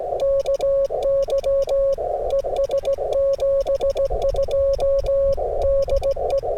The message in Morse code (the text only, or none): KY ES 72 DE